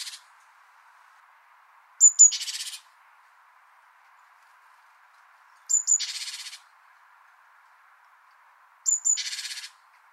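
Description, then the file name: Great tit calls: each a brief high whistle and a dry buzzing churr, repeated three times at intervals of roughly three to four seconds. "Parus major"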